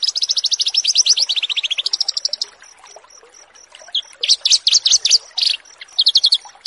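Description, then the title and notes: Bushlark song opening with a long fast trill of sharp high notes, then a pause and scattered bright buzzy phrases, a steady high tone running throughout. Bird-keeping song tutoring recording (masteran) of bushlark song, for training birds. "Branjangan VS BURGER Masteran Mewah 1. burung BRANJANGAN"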